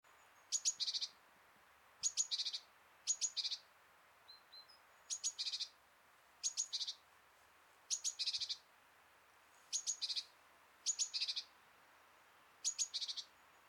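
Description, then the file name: Great tit call series, about nine bursts repeated every second or so, each a high clipped note then buzzy churring notes, with a faint soft double note midway. "Parus major"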